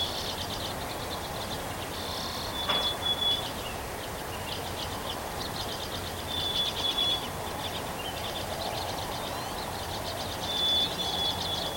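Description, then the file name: Bird chorus of chattering trills and long thin whistles, broken by a sharp knock, over broad steady noise. Recorded on 3 May 2023. "bird song 20230503"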